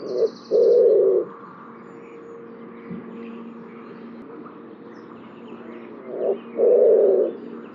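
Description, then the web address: Bird giving two paired low coos, short then long, several seconds apart, over a steady low hum and a brief high trill. "cianscape birddata Deverinetal 2025 Bird Only"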